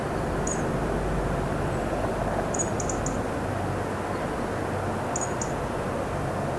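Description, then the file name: European robin giving thin, very high, brief call notes, one then a quick triplet, then a pair, over a constant low rumbling background noise. "Erithacus rubecula"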